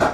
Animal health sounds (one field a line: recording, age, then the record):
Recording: pig call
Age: growing-finishing pig (85 days or more)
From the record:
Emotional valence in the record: positive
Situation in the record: run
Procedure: transit